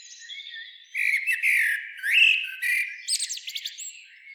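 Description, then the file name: Common blackbird song of rich whistled, slurred notes rising and falling, closing with a rapid series of thin, high-pitched chittering notes. "Turdus merula"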